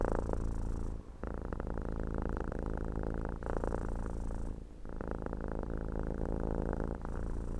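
Domestic cat purring, a steady low rumbling buzz that pauses briefly for breath every few seconds.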